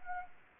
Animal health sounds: mosquito wingbeat signal from an infrared sensor; Anopheles gambiae

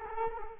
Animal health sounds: mosquito wingbeat signal from an infrared sensor; Culex quinquefasciatus

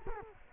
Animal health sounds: mosquito wingbeat signal from an infrared sensor; Culex quinquefasciatus

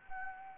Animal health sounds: mosquito wingbeat signal from an infrared sensor; Anopheles gambiae

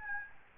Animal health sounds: mosquito wingbeat signal from an infrared sensor; Aedes albopictus

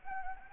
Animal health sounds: mosquito wingbeat signal from an infrared sensor; Anopheles gambiae

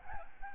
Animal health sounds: mosquito wingbeat signal from an infrared sensor; Aedes albopictus

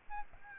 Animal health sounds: mosquito wingbeat signal from an infrared sensor; Aedes albopictus

